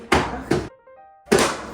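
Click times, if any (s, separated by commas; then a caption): 0.1 s, 0.5 s, 1.3 s. A dryer's control panel is pressed back onto the cabinet, and its snap fasteners click home at 0.1, 0.5 and 1.3 seconds. Each is a sharp, broadband snap, and the last one rings out a little longer. Between the second and third clicks there are faint tonal sounds, and the panel ends up seated in place.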